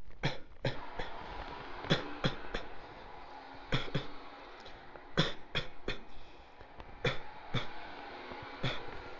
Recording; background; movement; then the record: voluntary coughing; traffic; sitting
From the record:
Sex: male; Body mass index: 23.7 kg/m2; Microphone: on the chest, facing outward